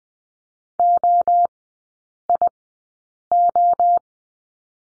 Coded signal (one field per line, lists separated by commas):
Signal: Morse code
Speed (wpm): 20 wpm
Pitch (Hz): 700 Hz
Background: none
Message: OIO